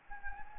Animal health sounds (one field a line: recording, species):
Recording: mosquito wingbeat signal from an infrared sensor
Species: Anopheles gambiae